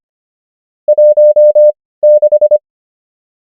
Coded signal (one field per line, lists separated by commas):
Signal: Morse code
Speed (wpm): 25 wpm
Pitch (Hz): 600 Hz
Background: none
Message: 16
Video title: morse code practice | 25wpm | 17fw | numbers | ENGLISH